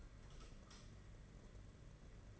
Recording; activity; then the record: daily activity, microphone in the room; light off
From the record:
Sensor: 4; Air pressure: 992.7 hPa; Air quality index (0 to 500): 168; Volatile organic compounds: 241 ppm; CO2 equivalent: 4337 ppm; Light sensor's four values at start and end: 4/9/4/4 and 4/8/3/3